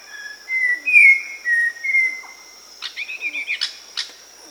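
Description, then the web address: Red-crowned ant-tanager singing slurred whistled notes that rise and fall, followed by quicker rough notes, with a steady high insect tone behind. Recorded in South America. "Natures Songs S America Red-crowned Ant-Tanager"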